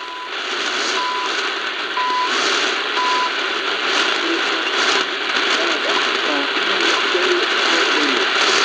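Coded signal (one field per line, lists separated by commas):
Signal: radio time signal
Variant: CHU Canada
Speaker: So this is CHU Canada. The month, it's actually June 1st, or actually technically June 2nd, 2026, and I'm not sure when it turns off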